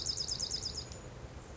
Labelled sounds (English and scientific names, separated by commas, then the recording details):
Bewick's Wren (Thryomanes bewickii)
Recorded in Sonoma County, California